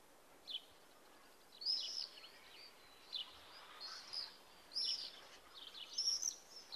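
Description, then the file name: Common swift calls: thin, high shrill screams in several short bursts over a steady hiss of background noise. "Tornseglare"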